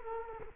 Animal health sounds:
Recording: mosquito wingbeat signal from an infrared sensor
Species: Culex quinquefasciatus

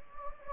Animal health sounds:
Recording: mosquito wingbeat signal from an infrared sensor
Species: Anopheles gambiae

